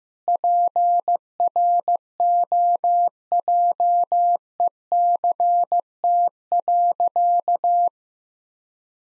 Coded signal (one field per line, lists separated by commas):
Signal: Morse code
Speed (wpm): 15 wpm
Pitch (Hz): 700 Hz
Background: none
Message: PROJECT.